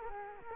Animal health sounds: mosquito wingbeat signal from an infrared sensor; Culex quinquefasciatus

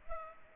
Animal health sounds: mosquito wingbeat signal from an infrared sensor; Culex pipiens

